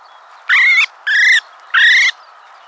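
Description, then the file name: Common blackbird calls: three separate harsh, buzzy notes in quick succession. "Turdus merula"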